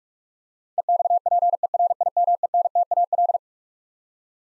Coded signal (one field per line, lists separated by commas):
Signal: Morse code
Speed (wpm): 41 wpm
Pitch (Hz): 700 Hz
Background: none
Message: EXPERIMENTAL